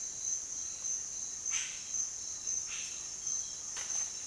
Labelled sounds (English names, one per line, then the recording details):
none
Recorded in dense forest near Puerto Asís, Putumayo, Colombia, on 24 June 2025 at 07:00
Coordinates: 0.484, -76.325
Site H65